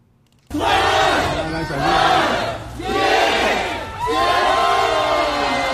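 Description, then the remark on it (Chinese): At midnight, residents waiting in heavy rain inside the gate of Guofeng community, Wangjing subdistrict, Chaoyang District, Beijing, shout a countdown in unison in four loud, rhythmic bursts that rise and fall, the final call stretching into sustained cheering as the gate opens at the end of a COVID lockdown. “零点整，在小区门内冒着大雨等待了许久的居民们欢呼着倒计时，小区大门打开，欢笑的人群涌了出来。”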